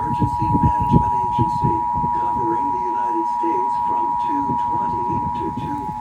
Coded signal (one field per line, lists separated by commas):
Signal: Emergency Alert System (SAME) tones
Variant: 853 and 960 Hz attention tone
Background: speech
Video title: Emergency Alert System (EAS) Nationwide Test - October 4, 2023